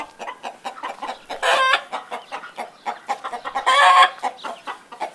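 Chicken: hen cackling: a fast run of short clucks with two loud, strained squawks rising out of the sequence, then the clucking resumes.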